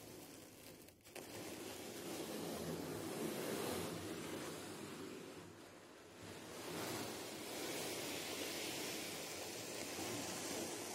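Brushing, rubbing and scratching on a drum make a dense, continuous hissing swish with a grainy, scratchy texture. A brief break comes just before the first second, and the sound softens around six seconds before swelling back to a steady wash.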